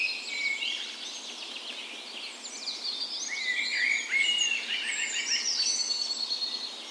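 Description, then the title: Birds: dawn chorus with rapid repeated chirps and trills from several birds, the singing thickening and getting louder toward the middle. Dawn chorus in a park west in Bergen, Norway, morning of 17 May, Norway's National Day, full spring; recorded with Sony PCM A10 and LOM Micro Usi microphones used as tree ears. "17th Of May Dawn Chorus"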